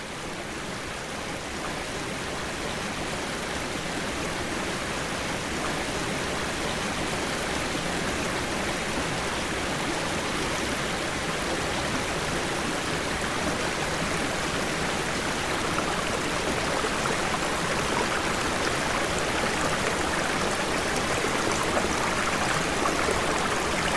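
Water beats steadily against leaves in a dense, continuous hiss with a fine, crackling patter running through it. The sound holds unbroken for the whole stretch, growing slightly louder toward the end, with no separate events standing out.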